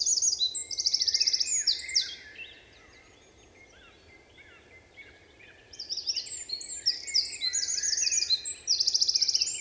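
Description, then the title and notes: Eurasian wren song in two vigorous bursts of shrill, fast notes and quick trills, with a quiet gap of several seconds between them. Recorded 27 March 2020 in Val Maravel with a Nagra Seven and MKH8040 microphones in stereo; forest singer whose vigorous, nervous song asserts its presence to any potential rival. "UN VENT DE TROGLODYTE. 27 mars 2020-Val Maravel - Un Troglodyte mignon (Troglodytes troglodytes) affirme par son chant vigoureux sa présence à tout concurrent potentiel.Chanteur de la forêt son chant nerveux est toujours impressionnant de puissance"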